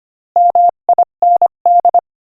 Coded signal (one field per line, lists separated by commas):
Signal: Morse code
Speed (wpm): 25 wpm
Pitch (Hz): 700 Hz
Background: none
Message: MIND